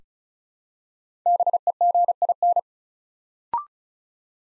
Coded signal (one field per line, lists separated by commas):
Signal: Morse code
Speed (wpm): 36 wpm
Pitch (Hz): 700 Hz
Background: none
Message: BEGIN